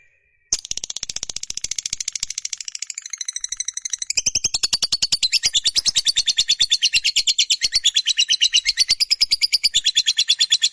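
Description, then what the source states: Lovebird pouring out a long chatter of fast, harsh, high pulses lasting about ten seconds, becoming more regular after the first few seconds. Fighter-type lovebird giving long chattering (ngekek panjang).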